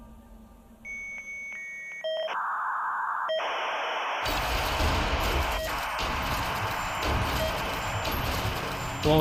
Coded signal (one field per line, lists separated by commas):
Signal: dial-up modem handshake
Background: speech